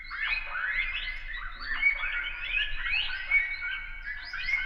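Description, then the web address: Rats squealing: a dense jumble of high, wavering squeaks that rise and fall, overlapping continuously, over a faint low hum. "1001 Sound Effects. Rats"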